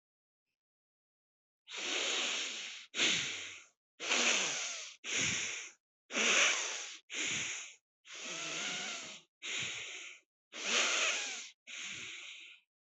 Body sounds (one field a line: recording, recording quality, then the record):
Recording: deep breathing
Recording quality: excellent, no background noise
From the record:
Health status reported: exposed to COVID-19, no respiratory illness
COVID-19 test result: not tested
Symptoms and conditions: muscle pain, hypertension, diabetes, ischaemic heart disease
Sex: male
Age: 70 years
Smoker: not ticked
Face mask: not worn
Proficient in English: yes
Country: India